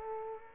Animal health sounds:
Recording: mosquito wingbeat signal from an infrared sensor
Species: Aedes aegypti

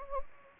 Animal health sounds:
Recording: mosquito wingbeat signal from an infrared sensor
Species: Anopheles gambiae

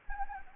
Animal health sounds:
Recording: mosquito wingbeat signal from an infrared sensor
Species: Anopheles gambiae

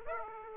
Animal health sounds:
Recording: mosquito wingbeat signal from an infrared sensor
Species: Aedes aegypti

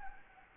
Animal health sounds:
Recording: mosquito wingbeat signal from an infrared sensor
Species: Anopheles gambiae

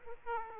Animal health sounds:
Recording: mosquito wingbeat signal from an infrared sensor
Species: Aedes aegypti

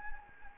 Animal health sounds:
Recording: mosquito wingbeat signal from an infrared sensor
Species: Anopheles gambiae

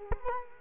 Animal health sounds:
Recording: mosquito wingbeat signal from an infrared sensor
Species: Culex quinquefasciatus

